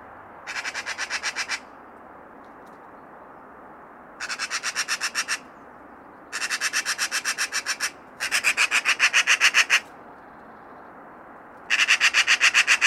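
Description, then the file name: Eurasian magpie chattering: five bursts of harsh, rapid rattling notes, with pauses between. "Pica pica"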